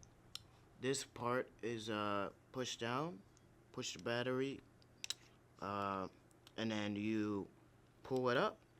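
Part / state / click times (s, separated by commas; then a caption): battery into video camera / not seated / none. Someone talks while handling a battery being put onto a video camera: a part is pushed down, the battery is pushed on, and then it is pulled up. Brief faint handling taps are heard around 0.4 s and 5.0 s between the speech. Nothing has seated or clicked yet.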